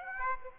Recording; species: mosquito wingbeat signal from an infrared sensor; Aedes aegypti